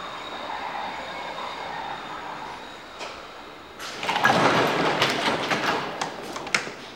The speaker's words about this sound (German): Da kommt der Zug. Er wartet nicht.